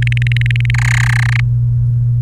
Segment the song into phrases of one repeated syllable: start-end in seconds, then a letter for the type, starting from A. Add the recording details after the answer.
0.02-0.70 A, 0.74-1.40 B. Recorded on 29 April 2018 at 10:59. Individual llb3